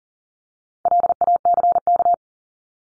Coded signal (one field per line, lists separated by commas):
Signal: Morse code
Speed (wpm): 40 wpm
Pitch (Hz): 700 Hz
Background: none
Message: LACK